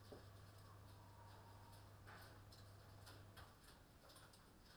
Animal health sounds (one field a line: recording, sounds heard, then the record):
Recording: poultry house recording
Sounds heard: healthy chickens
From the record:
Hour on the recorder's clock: 21